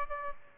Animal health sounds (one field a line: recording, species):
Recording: mosquito wingbeat signal from an infrared sensor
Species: Aedes aegypti